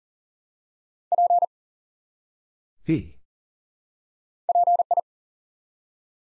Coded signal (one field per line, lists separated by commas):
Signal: Morse code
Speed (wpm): 40 wpm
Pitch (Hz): 700 Hz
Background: none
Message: P PI